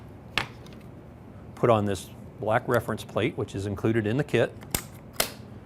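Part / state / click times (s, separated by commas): reference plate into the fence mount of a miter cutting tool / seated / 5.2 s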